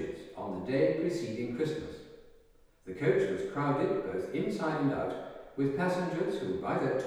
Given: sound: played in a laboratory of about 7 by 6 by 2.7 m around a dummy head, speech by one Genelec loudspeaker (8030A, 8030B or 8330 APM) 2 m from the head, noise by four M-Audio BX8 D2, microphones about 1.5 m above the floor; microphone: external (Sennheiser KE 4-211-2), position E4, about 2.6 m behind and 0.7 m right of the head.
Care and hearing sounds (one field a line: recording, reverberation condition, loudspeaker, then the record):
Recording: male speech in English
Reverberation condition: high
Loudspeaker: 60 degrees to the left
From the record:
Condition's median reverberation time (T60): about 1300 ms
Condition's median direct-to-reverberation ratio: about -4.0 dB